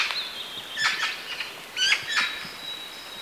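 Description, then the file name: Eurasian magpie calling with coarse, grating notes in a few short bursts, set against a thin continuous high whine. "Pica pica"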